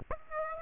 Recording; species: mosquito wingbeat signal from an infrared sensor; Aedes aegypti